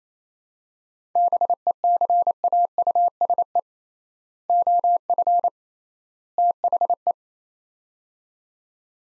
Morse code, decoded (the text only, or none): BECAUSE OF THE